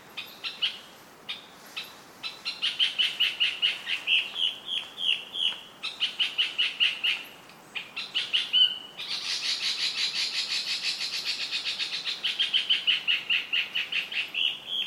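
Fantail giving quick high chirps and squeaky twittering notes in rapid runs, pausing briefly a few times before a denser chattering stretch continues to the end.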